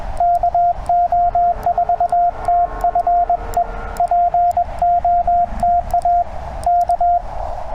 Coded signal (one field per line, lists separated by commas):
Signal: Morse code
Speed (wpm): 21 wpm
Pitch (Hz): 700 Hz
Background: radio noise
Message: KO4TFE POTA K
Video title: CW POTA WITH MY TR-35...AND DX TOO! #cw #morsecode #parksontheair